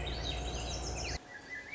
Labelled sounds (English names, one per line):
Swainson's Thrush